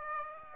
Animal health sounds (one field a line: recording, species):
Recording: mosquito wingbeat signal from an infrared sensor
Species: Aedes aegypti